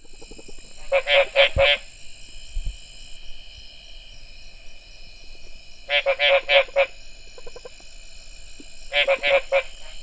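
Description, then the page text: Mexican treefrog uttering short bursts of a few clipped, nasal croaks, repeated after pauses of several seconds, over continuous high buzzing. "Smilisca baudinii"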